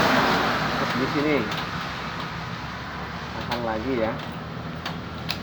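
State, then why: Seated. A plastic wiring harness connector is pushed back into its mating socket on a scooter's keyless ignition system while someone talks over a low background hum. A sharp click at 5.3 s shows the connector has seated.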